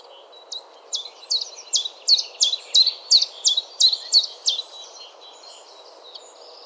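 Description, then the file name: Common chiffchaff song: quiet opening notes building into a regular series of loud, sharp chiff-chaff syllables, nearly three a second, fading into faint twittering. "Johannes Buhl - Penochka-tenkovka Phylloscopus collybita"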